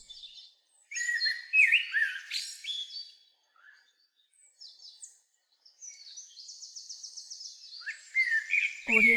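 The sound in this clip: Bird calls, a busy run of squeaky chirps and harsh notes, then a rapid trilled series near the end with a brief low thump.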